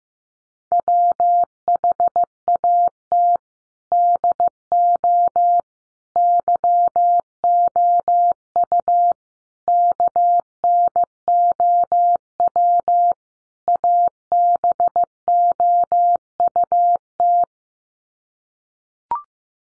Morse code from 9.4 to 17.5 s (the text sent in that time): KNOW ABOUT